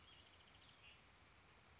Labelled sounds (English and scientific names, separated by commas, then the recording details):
Western Flycatcher (Empidonax difficilis)
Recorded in Sonoma County, California